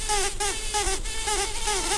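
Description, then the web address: Brown-banded carder bee buzzing: a continuous low, rich drone with regular pulsing swells. Queens. "Humilis queens"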